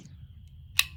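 The locking insert inside a Glock 26 5th generation magazine, during a pinky extension install, is pushed all the way down with a Glock tool, pick or punch over a low rumble and a faint steady high tone. A single sharp click at 0.8 s marks the insert locking in place, seated.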